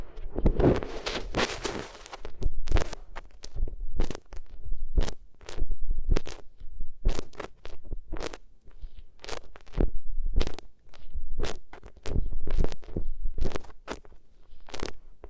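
Materials are rubbed against the ears in quick, rough bursts of scratching and brushing, each about half a second long and repeating every second or so. A denser, continuous rustle fills the first two seconds before the separate strokes begin, with soft thuds beneath them.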